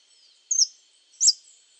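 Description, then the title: Scale-throated hermit uttering two piercing high chips, each slurring downward, separated by about three-quarters of a second, against a continuous high background hum. Subspecies Phaethornis eurynome eurynome, assumed from the recording location. "LuckyPassaro Completos2Sama. Scale-throated Hermit (Phaethornis eurynome eurynome (ssp asumed from location))"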